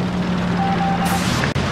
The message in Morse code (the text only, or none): none